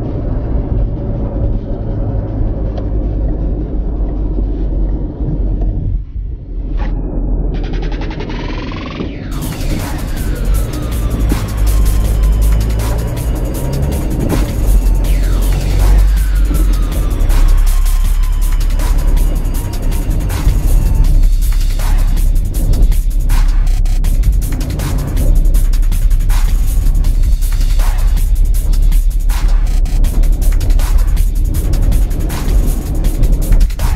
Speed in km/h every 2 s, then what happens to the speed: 45, 42, 37, 34, 27, 18, 21, 27, 29, 27, 27, 27, 27, 27, 27, 29, 27.
0-10 slows to 18. 10-15 speeds up to 29. 15-34 steady at about 27.